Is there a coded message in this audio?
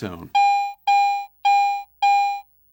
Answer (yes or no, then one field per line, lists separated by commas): no